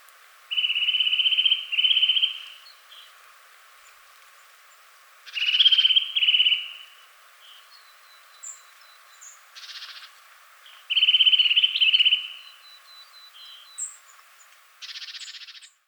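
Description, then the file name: Eurasian nuthatch calling in three main bouts of rapid trilled notes, each about a second and a half long, with a few short high chips between them. "Sitta europaea"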